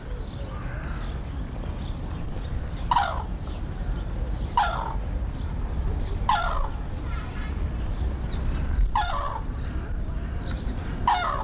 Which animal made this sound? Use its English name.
Red-crowned Crane